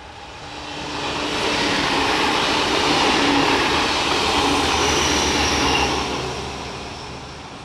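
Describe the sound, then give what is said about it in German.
A regional passenger train, the RB25 heading toward Köln-Hansa-Ring, rushes past with a broad, steady roar that swells to a peak mid-clip and then fades, carrying a faint high whine and low rumbling undertones. No one speaks. “Die Eisenbahn.”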